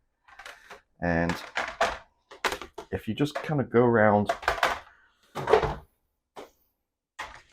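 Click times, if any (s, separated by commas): 7.2 s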